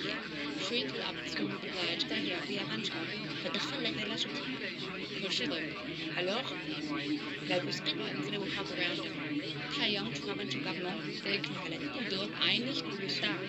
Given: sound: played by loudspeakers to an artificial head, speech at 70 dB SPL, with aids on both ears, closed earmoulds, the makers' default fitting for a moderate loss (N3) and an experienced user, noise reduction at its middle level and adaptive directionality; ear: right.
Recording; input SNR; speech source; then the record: speech test signal (ISTS) in cocktail-party noise; -6 dB; on the right (90 degrees)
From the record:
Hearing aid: class 1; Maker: D